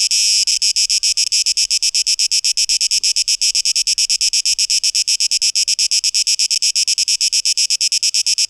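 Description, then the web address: Cicada calling in a loud, hissing pulsed drone, slightly smoother at first, then evenly throbbing. Cicadas, 12 August 2023, tape echo mix. "rauschpartikel Audio 2023-08-12 Zikaden"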